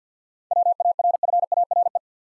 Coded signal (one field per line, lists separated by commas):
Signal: Morse code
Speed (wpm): 52 wpm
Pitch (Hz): 700 Hz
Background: none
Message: WARFARE